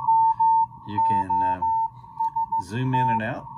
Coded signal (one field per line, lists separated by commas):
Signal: Morse code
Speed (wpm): 15 wpm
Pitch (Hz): 900 Hz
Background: speech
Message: MOST